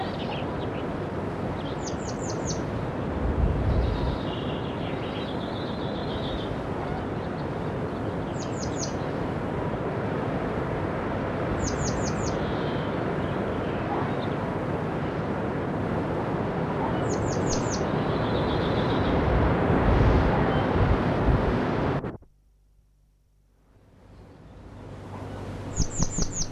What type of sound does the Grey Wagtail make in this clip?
song